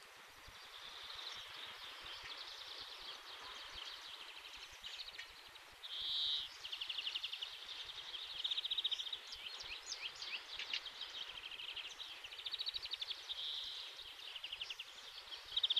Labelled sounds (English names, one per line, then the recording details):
European Greenfinch song
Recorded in the wild
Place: Oberstdorf, Bayern, DE
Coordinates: 47.3767, 10.3006
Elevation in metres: 915
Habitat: mountains
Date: 1977-03-25
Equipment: Nagra IV, Sennheiser MKH 405, Parabolreflektor
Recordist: Tretzel, Erwin